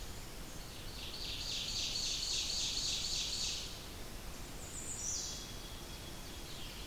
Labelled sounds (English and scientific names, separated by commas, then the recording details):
Ovenbird (Seiurus aurocapilla) song
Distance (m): 35 m
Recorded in boreal forest in Alberta, Canada, on 20 June 2016 at 05:46
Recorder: SongMeter 3, array SBT-6-81
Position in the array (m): 121 m, 120 m
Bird 23